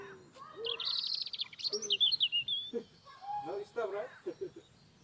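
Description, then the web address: European robin song: thin, high warbled phrases with rapid trills and descending slurs, followed by lower, chattering notes from other sounds. "cianscape birddata Bird Only Er Ru"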